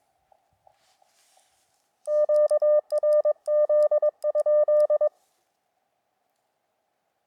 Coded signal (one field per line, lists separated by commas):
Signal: Morse code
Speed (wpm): 22 wpm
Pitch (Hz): 600 Hz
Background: none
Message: QRZ?